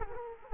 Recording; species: mosquito wingbeat signal from an infrared sensor; Culex quinquefasciatus